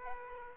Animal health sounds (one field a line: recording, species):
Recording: mosquito wingbeat signal from an infrared sensor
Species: Aedes aegypti